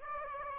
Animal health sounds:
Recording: mosquito wingbeat signal from an infrared sensor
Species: Aedes aegypti

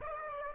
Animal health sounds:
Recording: mosquito wingbeat signal from an infrared sensor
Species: Aedes aegypti

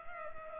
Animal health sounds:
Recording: mosquito wingbeat signal from an infrared sensor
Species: Culex pipiens

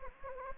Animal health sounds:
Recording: mosquito wingbeat signal from an infrared sensor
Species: Anopheles gambiae

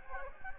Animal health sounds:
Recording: mosquito wingbeat signal from an infrared sensor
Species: Anopheles gambiae

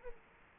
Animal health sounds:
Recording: mosquito wingbeat signal from an infrared sensor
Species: Culex quinquefasciatus

